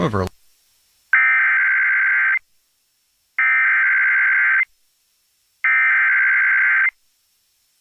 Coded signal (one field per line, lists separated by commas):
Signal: Emergency Alert System (SAME) tones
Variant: header bursts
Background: speech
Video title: EAS- Severe Thunderstorm Warning (SVR) On KFBK-AM (Calaveras, SJ, Stanislaus, Tuolumne Counties)